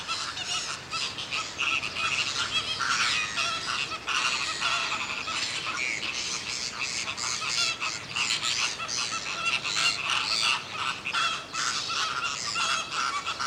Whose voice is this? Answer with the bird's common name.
American Flamingo